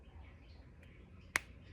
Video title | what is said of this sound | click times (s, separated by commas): PHLster Enigma Leg Leash Buckle Problems? Start here! | and you hear that snap that snap means the Buckle is actually all the way in and | 1.4 s